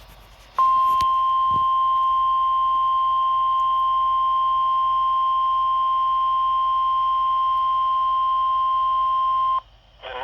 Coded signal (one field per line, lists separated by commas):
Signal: Emergency Alert System (SAME) tones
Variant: 1050 Hz attention tone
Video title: PA Severe Weather Awareness Test (4/20/22)(EAS #903)